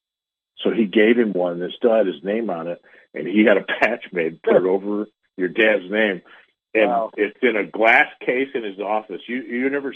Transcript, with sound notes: So he gave him one that still had his name on it and he had a patch made-
(laughs)
... and put it over your dad's name and-
Wow.
... it's in a glass case in his office.